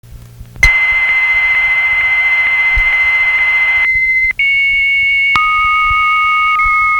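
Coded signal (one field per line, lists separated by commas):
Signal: 300-baud modem data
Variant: Bell 103 type, 300 baud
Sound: steady high tone over hiss, brief gap, then two steady tones, high and lower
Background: tape hiss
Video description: Deux modems qui communiquent entre eux à 300bps pour transférer un fichier de 5ko.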